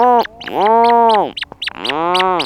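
Rhinoceros auklet moans loudly in long bowed groans, separated by sharp high clicking notes and brief pauses.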